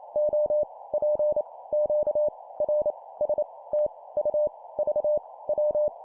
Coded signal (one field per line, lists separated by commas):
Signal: Morse code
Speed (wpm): 28 wpm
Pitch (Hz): 600 Hz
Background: none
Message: O P Q R S T U V W